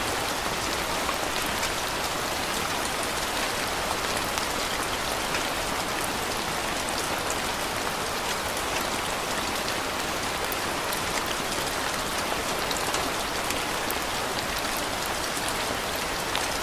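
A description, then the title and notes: Steady rain falls throughout, a dense, even hiss of drops striking a surface with no pauses or swells. The sound sits mostly in the bright upper range, with faint individual drop ticks scattered across it and a soft, muted low rumble underneath. Rain sound.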